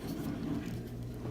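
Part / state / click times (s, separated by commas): sliding corkscrew in a pocket knife frame / not seated / none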